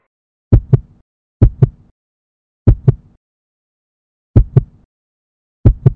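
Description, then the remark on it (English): A heartbeat thuds in deep double pulses, five lub-dub beats with no voices, the gaps between them stretching unevenly so the rhythm seems to slow and stumble. “He tries to hold on to his heartbeat, to count every thrilled thud, but he keeps losing the cadence.”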